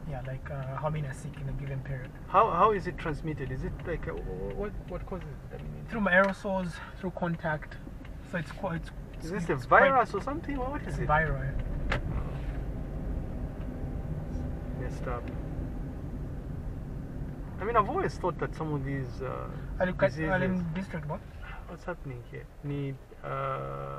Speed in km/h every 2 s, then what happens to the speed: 14, 16, 10, 10, 13, 18, 23, 24, 22, 18, 8, 4.
0-6 steady at about 10. 6-12 speeds up to 23. 15-24 slows to 4.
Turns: none.